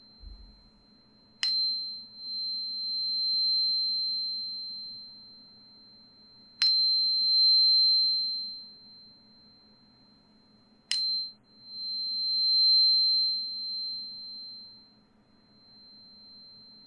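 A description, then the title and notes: A tuning fork is struck three times, at about 1.5, 6.5 and 11 seconds. Each strike gives a sharp click and then a pure, high, steady tone that swells and fades slowly. A faint low hum runs underneath throughout. 音叉療癒 淨化心靈 Tuning Fork(OM136.1HZ&4096HZ) No Talking.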